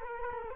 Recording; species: mosquito wingbeat signal from an infrared sensor; Culex quinquefasciatus